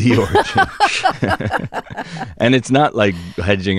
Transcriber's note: laughter